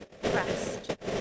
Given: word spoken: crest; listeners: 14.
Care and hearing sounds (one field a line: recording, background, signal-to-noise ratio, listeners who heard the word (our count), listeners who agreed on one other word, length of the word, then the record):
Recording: one English word in noise, from a listening test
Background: noise modulated by three-talker babble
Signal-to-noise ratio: -7.0 dB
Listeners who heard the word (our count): 3 of 14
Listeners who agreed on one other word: 7 of 14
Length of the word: 0.81 s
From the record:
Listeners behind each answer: 7, 3, 2, 1, 1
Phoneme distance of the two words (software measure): 10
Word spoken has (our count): 1 syllable, 5 phonemes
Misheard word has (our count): 1 syllable, 5 phonemes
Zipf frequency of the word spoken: 3.49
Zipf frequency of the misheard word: 3.97